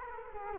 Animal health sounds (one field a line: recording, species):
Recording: mosquito wingbeat signal from an infrared sensor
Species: Culex quinquefasciatus